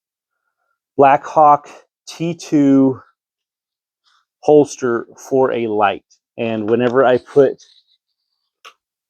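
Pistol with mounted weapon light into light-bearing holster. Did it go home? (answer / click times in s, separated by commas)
yes / 8.7 s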